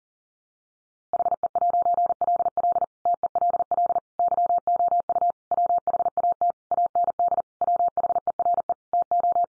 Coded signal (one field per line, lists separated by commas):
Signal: Morse code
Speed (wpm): 37 wpm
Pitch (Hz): 700 Hz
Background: none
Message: HE'LL TELL YOU WHAT AND WHERE TO